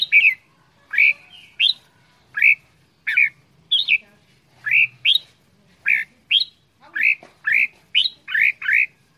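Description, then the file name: Red-whiskered bulbul song, clear rising chirped notes repeated about every half second, some given in quick pairs. Quảng Ngãi, Vietnam; 'chè đao' bulbul, described as having a frantic voice. "tieng chao mao quang ngai che dao giong dien cuong"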